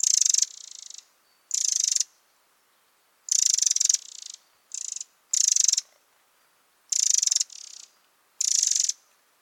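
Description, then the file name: Eurasian wren giving high, dry rattling calls in irregular bursts of up to about a second, some loud and some softer, with short silent gaps between. "Troglodytes troglodytes"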